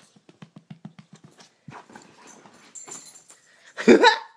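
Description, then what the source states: Dog letting out one loud, harsh, bark-like burst near the end, after a quick run of light ticking clicks and soft shuffling. Dog described as excited.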